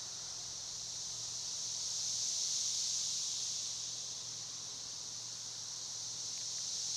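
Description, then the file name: Cicada song, a steady high hissing drone that swells slightly louder in the middle and eases off again, with no other clear sounds. Recorded 1 June 2011. "2011 06 01 cicada"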